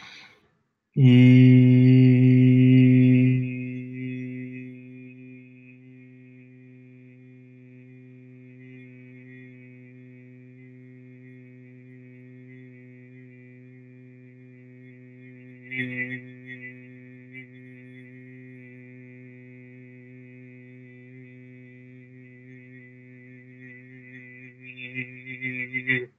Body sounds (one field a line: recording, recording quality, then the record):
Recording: sustained vowel as in beet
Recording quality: excellent, no background noise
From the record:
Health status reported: healthy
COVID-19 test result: not tested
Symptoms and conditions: none ticked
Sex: male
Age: 33 years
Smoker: not ticked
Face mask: not worn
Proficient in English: yes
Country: United States